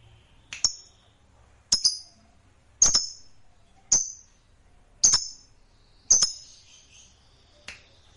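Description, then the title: Lovebird calls: sharp, high, clipped chirps repeated about once a second, seven in all, with quiet between them. Lovebird kept as a fighter bird, singing energetically (gacor). "Berkat SUARA Lovebird FIGHTER GACOR Ini"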